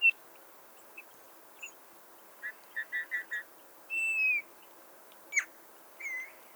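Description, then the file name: Eurasian bullfinch giving soft piping whistled calls, short notes near the same pitch then a longer clear whistle, a sharp high chip and a final slurred note. "Pyrrhula pyrrhula"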